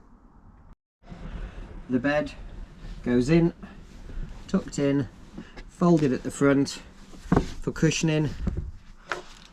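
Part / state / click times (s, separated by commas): dog restraint tether clip onto a dog harness or collar / seated / 9.1 s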